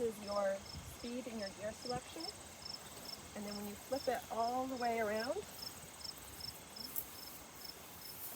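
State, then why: Seated. Someone talks while the handlebar assembly of a BCS two-wheel walk-behind tractor is swung all the way around, with insects chirping steadily in the background. At 7.0 s the handlebar swivel lock engages with a single sharp metal click, locking the handlebar into place.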